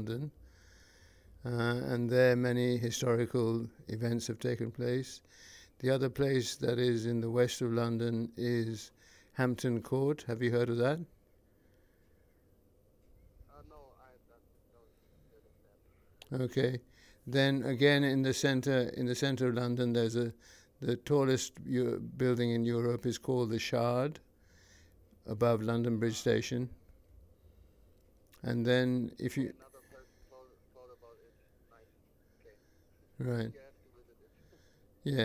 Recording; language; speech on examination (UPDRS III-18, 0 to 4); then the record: conversation on a phone call; English; 1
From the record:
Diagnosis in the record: Parkinson's disease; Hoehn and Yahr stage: 3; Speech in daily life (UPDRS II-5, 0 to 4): 1